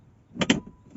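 The two ISOFIX legs of a child car seat are pushed onto the ISOFIX anchor points in a Qashqai J11 until they latch. Two sharp clicks sound at 0.4 s and 0.5 s against quiet background noise. Both connectors click home and the seat is seated.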